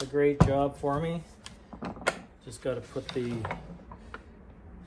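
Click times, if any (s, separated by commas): 4.1 s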